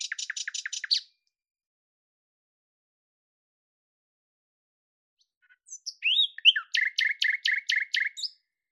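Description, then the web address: Bird song: a short rapid series of sharp notes, then after a pause varied slurred chirps leading into a quick run of repeated buzzy notes. "Deverinetal 2025"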